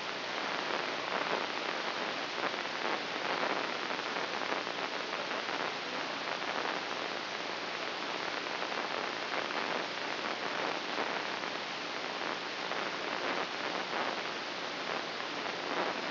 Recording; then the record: brain microelectrode recording played as sound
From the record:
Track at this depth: inside the subthalamic nucleus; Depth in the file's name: 1.131 mm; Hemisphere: right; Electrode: 3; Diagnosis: Parkinson's disease